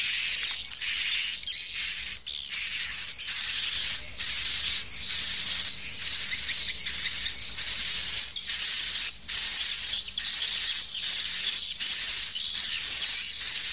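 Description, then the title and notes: Swiftlets twitter in a shrill, continuous chorus with frequent rattling bursts and short dips scattered through the sound. Swiftlet farming, Asia. "Swiflet Bird Sound. Farming Swiflet Bird asia sound"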